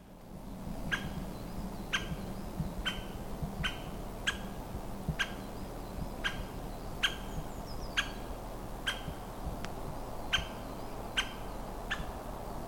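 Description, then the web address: White-backed woodpecker giving short sharp call notes, about one each second, steady and evenly spaced, over a constant low rumbling background. Recorded on a date given as 030223. "linnut valkoselka 030223"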